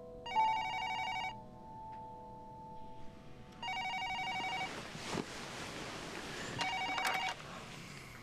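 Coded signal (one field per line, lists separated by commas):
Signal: none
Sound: phone ringtone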